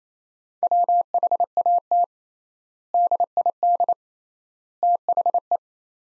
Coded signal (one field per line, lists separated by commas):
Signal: Morse code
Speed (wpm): 28 wpm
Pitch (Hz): 700 Hz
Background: none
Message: WHAT DID THE